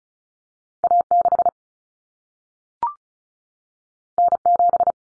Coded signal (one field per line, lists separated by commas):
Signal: Morse code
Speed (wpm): 36 wpm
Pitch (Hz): 700 Hz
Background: none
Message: A6 N7